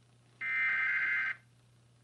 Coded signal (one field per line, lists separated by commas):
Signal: Emergency Alert System (SAME) tones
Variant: header bursts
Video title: PBS Kids Program Break (2004 WNED) with EAS Required Weekly Test